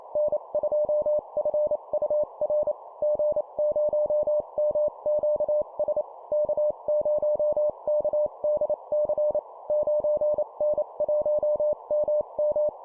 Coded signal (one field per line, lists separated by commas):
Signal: Morse code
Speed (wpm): 28 wpm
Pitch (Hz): 600 Hz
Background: none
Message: N2FUR G0MQS K0KDC 9N1MM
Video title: 25wpm Call signs, improve cw morse code copy speed